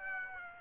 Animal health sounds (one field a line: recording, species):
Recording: mosquito wingbeat signal from an infrared sensor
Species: Aedes aegypti